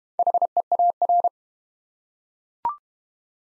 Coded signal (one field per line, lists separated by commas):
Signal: Morse code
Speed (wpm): 31 wpm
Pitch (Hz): 700 Hz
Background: none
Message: HEAR